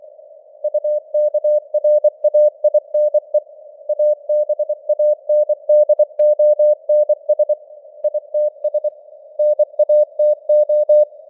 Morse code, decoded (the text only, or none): UKRAINE ABANDONS ITS NATO